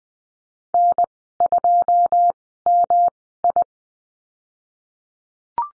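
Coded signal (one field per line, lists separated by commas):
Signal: Morse code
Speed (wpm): 20 wpm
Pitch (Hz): 700 Hz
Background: none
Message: N2MI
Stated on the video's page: Morse course lesson on letter M and call signs at Farnsworth speed 20/10 wpm.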